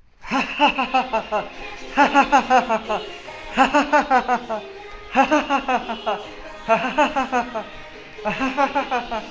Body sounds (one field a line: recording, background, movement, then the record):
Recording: laughter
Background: music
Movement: walking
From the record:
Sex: male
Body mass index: 20.6 kg/m2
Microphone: on the chest, facing the body